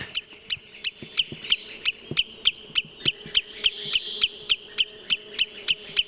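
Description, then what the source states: Wood sandpiper alarm calls: sharp, high 'kit' notes repeated steadily about three times a second. Loud, monotonous 'kit, kit, kit' alarm calls.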